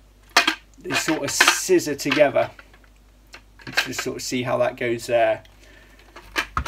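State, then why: Seated. Someone talks while lining up the two plastic cross beams of a Railblaza C-Tug kayak trolley frame and pushing one down hard into the other. A sharp click at 6.6 s marks the cross beams seating together to form the main body of the trolley.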